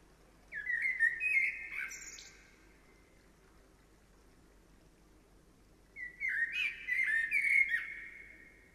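Bird song: two warbled phrases of chattering, slurred notes with high ticks, separated by a few seconds of quiet.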